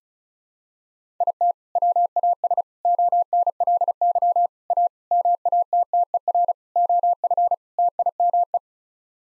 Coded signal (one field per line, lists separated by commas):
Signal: Morse code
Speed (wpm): 36 wpm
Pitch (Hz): 700 Hz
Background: none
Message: IT WAS ONLY A MATTER OF TIME